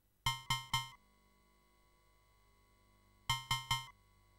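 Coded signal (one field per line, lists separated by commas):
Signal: none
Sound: game music beeps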